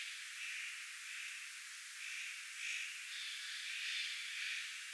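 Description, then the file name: Spotted Nutcracker giving harsh, rasping calls in an uneven series, with a Eurasian jay calling at the same time, over a steady hiss. Calling at the same time as a Eurasian jay; recorded 1 September 2026. "pahkinahakki ja narhi raakkuvat yhta aikaa"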